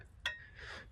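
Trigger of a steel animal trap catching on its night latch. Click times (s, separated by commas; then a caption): 0.3 s. While a steel animal trap is being reset, its trigger is brought down to the night-latch position and catches with one sharp, bright metallic click at 0.3 s. A softer, longer rustling sound follows around 0.6 s. The trap is set on its night latch.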